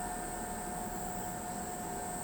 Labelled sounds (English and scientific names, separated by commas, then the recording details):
none
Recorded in pastures near Pivijay, Magdalena, Colombia, on 16 April 2023 at 22:00
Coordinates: 10.456, -74.369
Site P6-G026